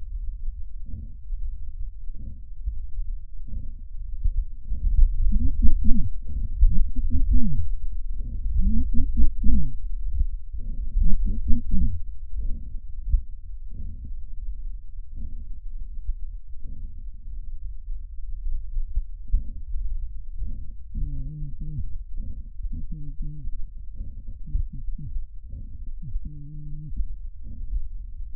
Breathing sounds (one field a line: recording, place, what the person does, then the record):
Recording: lung sounds by stethoscope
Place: trachea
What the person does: quiet breathing, then cough and speech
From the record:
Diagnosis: interstitial lung disease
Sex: male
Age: 72 years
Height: 167 cm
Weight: 74 kg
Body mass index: 26.5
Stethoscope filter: bell mode